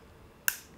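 A number 1 plastic guard comb attachment is placed onto a hair clipper blade. After a quiet lead-in, it gives a single sharp, bright click at 0.5 s that decays quickly, and the guard is seated.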